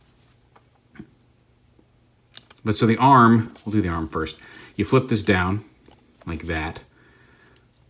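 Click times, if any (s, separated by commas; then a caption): none. A plastic arm section of a Transformers: Generations Selects Tentakil action figure is flipped down into its arm joint during transformation, with only a faint tick heard while someone talks. Nothing has seated or clicked into place; the joint does not lock in any position.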